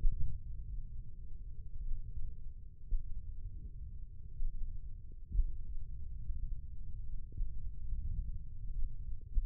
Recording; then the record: forearm muscle sounds (acoustic myography)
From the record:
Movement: wrist extension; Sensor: system 1, eight BSWA MPA416 microphones around the upper forearm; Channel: 2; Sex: male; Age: 20 years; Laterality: left